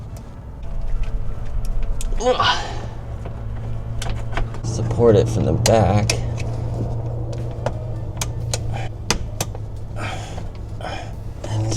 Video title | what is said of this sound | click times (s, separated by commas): Tusk UTV Turn Signal, Horn & Plate Light Kit - Easy Way to Get Street Legal | just like that snapped it in heard a click | 9.1 s